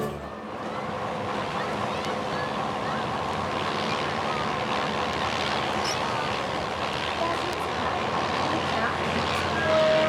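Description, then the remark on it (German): An advertising propeller plane drones steadily overhead, a sound effect on an introductory stereo record. A low engine hum with layered tones sits under a constant wash of wind-like noise, holding an even loudness for about ten seconds. “Vorbeifahrende Züge, eine jubelnde Menge, eine Bowlingbahn, ein Reklameflugzeug.”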